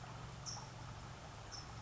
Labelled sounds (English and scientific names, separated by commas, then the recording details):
California Towhee (Melozone crissalis)
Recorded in Sonoma County, California